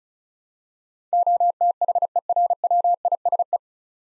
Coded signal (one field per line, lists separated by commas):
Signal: Morse code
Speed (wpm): 34 wpm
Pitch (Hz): 700 Hz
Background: none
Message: OTHERWISE